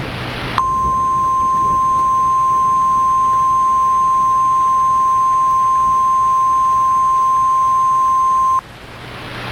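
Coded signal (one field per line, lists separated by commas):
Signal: Emergency Alert System (SAME) tones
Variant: 1050 Hz attention tone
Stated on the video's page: Fictional EAS scenario with valid SAME tones.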